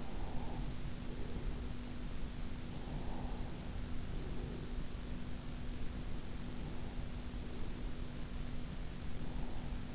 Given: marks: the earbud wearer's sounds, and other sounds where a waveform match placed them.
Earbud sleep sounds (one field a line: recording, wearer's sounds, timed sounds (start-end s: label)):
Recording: sounds in sleep by an in-ear microphone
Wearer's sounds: breath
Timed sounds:
0.00-1.78 s: breath
2.90-4.83 s: breath